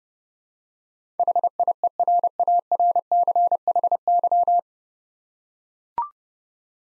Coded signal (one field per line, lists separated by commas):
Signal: Morse code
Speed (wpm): 30 wpm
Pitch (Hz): 700 Hz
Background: none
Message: HIERARCHY